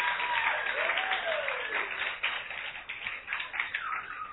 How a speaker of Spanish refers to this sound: yo quiero que recibamos con un fuerte aplauso a David Castillo